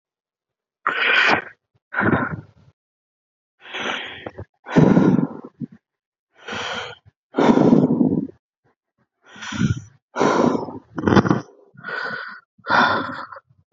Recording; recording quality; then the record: deep breathing; poor, much background noise or distortion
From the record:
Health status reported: respiratory illness, not identified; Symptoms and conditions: asthma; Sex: male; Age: 30 years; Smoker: yes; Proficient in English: yes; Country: India